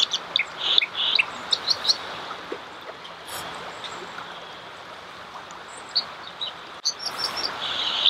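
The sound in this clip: Dipper giving scattered sharp chirps at the start and again near the end, with a steady rushing stream filling the pause between.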